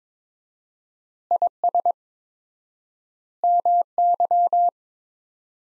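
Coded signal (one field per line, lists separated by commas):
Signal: Morse code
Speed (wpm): 22 wpm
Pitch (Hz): 700 Hz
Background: none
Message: IS MY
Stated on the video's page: Morse practice sentences from the top 300 words at 22 wpm with 4x word spacing, a Farnsworth-like method applied to words.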